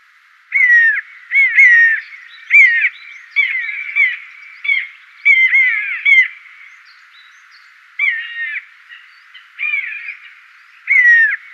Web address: Schulze Peter Long-legged Buzzard